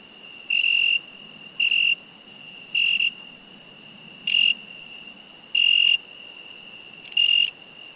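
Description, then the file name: Cricket chirping: short, bright bursts at a steady high pitch, six in eight seconds at slightly irregular gaps, with a faint steady tone between chirps. "cricketinsect soundsclipsfromorangefreesounds"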